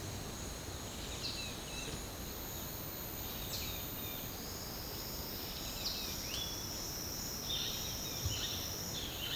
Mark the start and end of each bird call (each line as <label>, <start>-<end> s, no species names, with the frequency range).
bird call (2.3-5.6 kHz), 1.20-1.90 s
bird call (1.7-6.2 kHz), 3.47-4.29 s
bird call (2.0-4.7 kHz), 5.74-6.65 s
bird call (1.6-4.9 kHz), 7.47-9.35 s